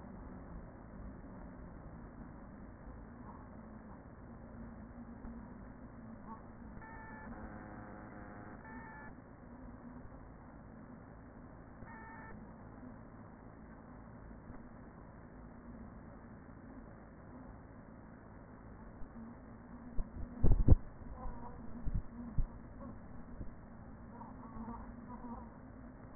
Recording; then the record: honeybee colony, microphone inside the hive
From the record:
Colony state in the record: queen present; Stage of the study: after two queens were removed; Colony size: about 40,000 bees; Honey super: no